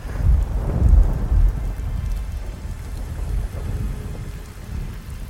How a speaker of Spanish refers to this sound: Las gotas de fría agua furiosas rebotaban incansables en la ventana del pequeño cuarto. Los relámpagos se sucedían uno tras otro junto con los martillantes truenos que hacían vibrar toda la casona.